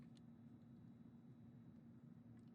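An extruder assembly is handled at a 3D printer's carriage, having been pulled off to be clipped back on. A steady low hum runs throughout, with a few faint, brief ticks of handling. Nothing has seated or clicked yet.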